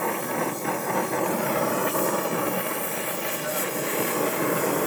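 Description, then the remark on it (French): A double-flow ventilation unit in a school blows air in a loud, steady, unbroken roar, a broad whooshing rush with a low hum underneath that holds constant throughout, with no voices. It pushes fresh outside air into the classrooms and extracts classroom air to the outside. “Là, c'est un système de double flux, en gros.”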